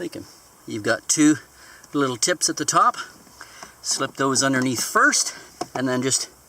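A plastic trim panel with two small tips at the top is handled onto a Jeep door while someone talks throughout. The tips are slipped underneath first before the panel is pushed in. Nothing has seated or clicked yet by the end of the clip.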